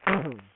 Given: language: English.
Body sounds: throat vibration sensor signal played as sound; throat clearing

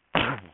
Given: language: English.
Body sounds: throat vibration sensor signal played as sound; cough

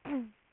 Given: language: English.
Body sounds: throat vibration sensor signal played as sound; throat clearing

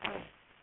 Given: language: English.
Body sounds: throat vibration sensor signal played as sound; throat clearing

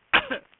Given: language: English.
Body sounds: throat vibration sensor signal played as sound; cough

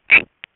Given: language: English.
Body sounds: throat vibration sensor signal played as sound; swallow

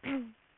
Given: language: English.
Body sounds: throat vibration sensor signal played as sound; throat clearing

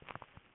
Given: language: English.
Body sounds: throat vibration sensor signal played as sound; swallow

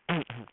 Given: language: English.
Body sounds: throat vibration sensor signal played as sound; throat clearing

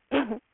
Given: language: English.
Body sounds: throat vibration sensor signal played as sound; cough

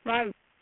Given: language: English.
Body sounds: throat vibration sensor signal played as sound; speech

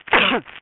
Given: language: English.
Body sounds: throat vibration sensor signal played as sound; cough

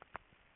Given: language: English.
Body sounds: throat vibration sensor signal played as sound; swallow

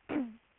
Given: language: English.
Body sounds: throat vibration sensor signal played as sound; throat clearing

